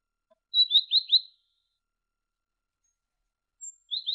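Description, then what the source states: Great tit song, fairly soft: one quick phrase of three to four high notes, a long pause, then another short burst. Masteran recording: a training recording for songbirds.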